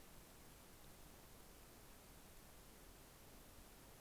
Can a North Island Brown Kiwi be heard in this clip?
no